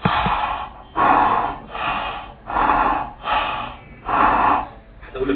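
Harsh, hollow, blowing breaths imitated by mouth by an adult, with about six bursts of similar loudness and length separated by short silent gaps. This imitates bronchial breathing: loud, hollow sounds with expiration as long as inspiration and a gap between them.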